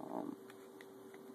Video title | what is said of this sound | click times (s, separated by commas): Glock 23 Gen 4 Reassembling, Oil and Cleaning | once you hear it click it's actually locked but we'll go ahead and we will make sure | 0.8 s, 1.1 s